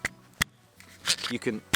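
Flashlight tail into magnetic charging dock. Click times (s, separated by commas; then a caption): 0.4 s. A torch's tail end is pushed into its magnetic charging dock and seats with a good solid click at 0.4 s. A smaller sharp tap comes near the start, and someone talks toward the end.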